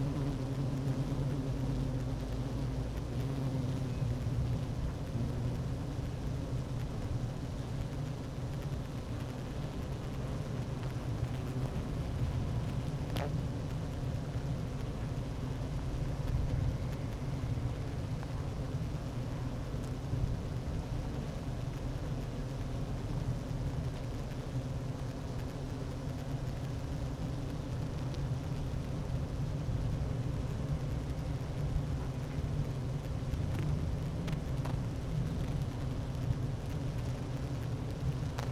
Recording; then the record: honeybee colony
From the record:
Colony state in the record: active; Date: 12 June 2018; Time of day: 11:50